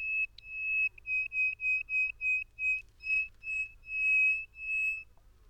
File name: Song In Flight Over A Sand Desert